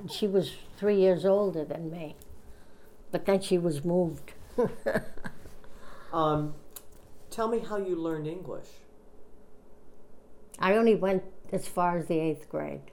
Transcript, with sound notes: She was three years older than me, but then she was moved. ( she laughs )
Um, tell me how you learned English.
I only went as far as the eighth grade.